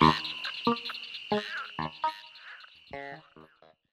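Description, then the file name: Frog croaking in rich, buzzy bursts roughly every half second to second, set against a steady high tone. "Frosch"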